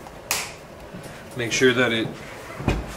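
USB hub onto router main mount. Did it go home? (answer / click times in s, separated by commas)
yes / 0.3 s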